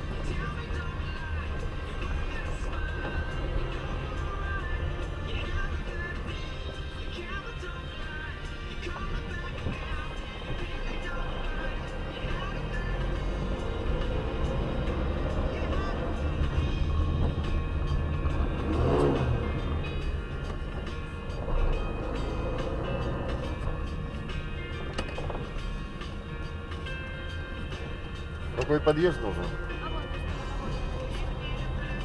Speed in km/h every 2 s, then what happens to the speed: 18, 14, 17, 14, 11, 8, 10, 12, 15, 21, 17, 16, 17, 18, 16, 15.
0-9 slows to 8. 9-18 speeds up to 21. 18-32 steady at about 17.